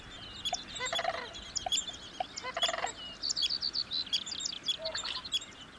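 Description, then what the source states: Sandhill cranes giving two rolling, rattled calls, amid a busy chorus of high chirping marsh birds. A pair likely up from wintering grounds in New Mexico to breed at these ponds, on a Yellowstone marsh at sunrise.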